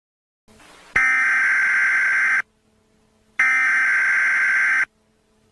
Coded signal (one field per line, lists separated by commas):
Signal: Emergency Alert System (SAME) tones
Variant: header bursts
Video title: S1 E7: Emergency Alert System